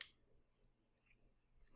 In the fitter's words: you can flip the fists out they click into place which is nice